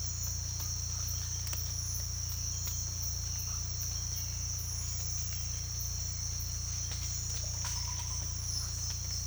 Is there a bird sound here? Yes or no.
no